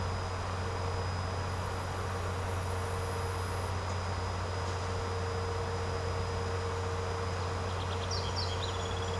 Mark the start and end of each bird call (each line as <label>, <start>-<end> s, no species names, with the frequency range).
bird call (2.0-7.2 kHz), 7.64-9.20 s